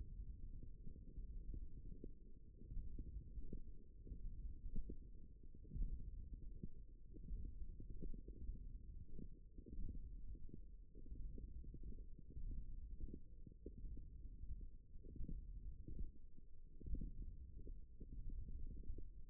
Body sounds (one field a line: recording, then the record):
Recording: forearm muscle sounds (acoustic myography)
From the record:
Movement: finger pinch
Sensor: system 1, eight BSWA MPA416 microphones around the upper forearm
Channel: 4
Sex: female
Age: 22 years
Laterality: right